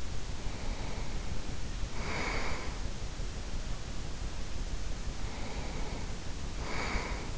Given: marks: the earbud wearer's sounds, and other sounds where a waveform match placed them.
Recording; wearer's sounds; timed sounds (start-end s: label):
sounds in sleep by an in-ear microphone; breath
0.39-2.93 s: breath
5.13-7.38 s: breath